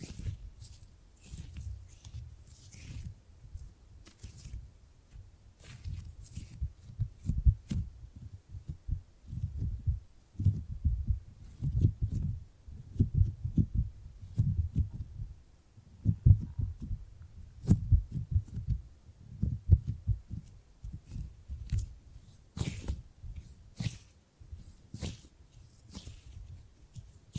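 Gripping and grabbing sounds: dull, low thuds and rubs in irregular bursts run through the whole clip, busiest in the middle. Sharp, bright clicks and crinkles break in now and then, more often toward the end, with short quiet gaps between grabs.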